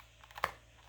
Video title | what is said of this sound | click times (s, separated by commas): Urban carry lock leather review - 2months | hear it click in great holster it holds the Bata the pistol | 0.4 s